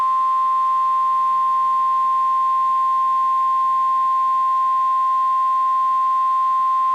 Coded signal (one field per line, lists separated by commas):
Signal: Emergency Alert System (SAME) tones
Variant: 1050 Hz attention tone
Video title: 13 Emergency Alert System captures from February 27th, 2024 (TOR x8! SVR x4, SMW x1)